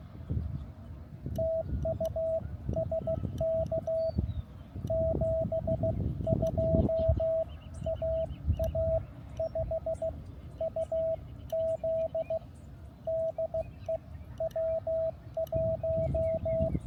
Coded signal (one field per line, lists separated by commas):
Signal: Morse code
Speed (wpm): 15 wpm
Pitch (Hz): 650 Hz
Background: radio noise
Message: TU SK 72 AA5UZ DE W1